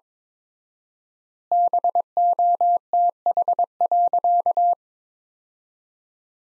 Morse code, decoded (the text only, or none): BOTH.